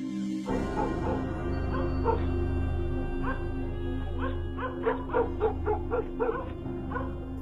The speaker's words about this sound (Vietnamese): Văng vẳng trong đêm, Long nghe tiếng chó của mấy nhà từ trên đường cắn rỗng xuống dưới suối.